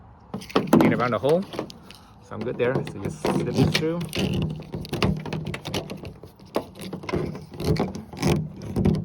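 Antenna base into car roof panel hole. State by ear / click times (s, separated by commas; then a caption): not seated / none. A replacement antenna base and its cable on a Honda Fit are slipped through the hole in the car's roof panel and lined up before being pushed down, while someone talks. Short knocks and taps of handling against the panel are heard around 0.3–0.6 s, 5.0–5.8 s, 6.6 s and 8.2–8.3 s. Nothing has seated or clicked yet.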